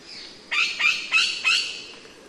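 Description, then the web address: Dusky parrot calls: four harsh, scratchy squawks delivered rapidly one after another, evenly spaced, against a quiet hissing background. "chants piofus"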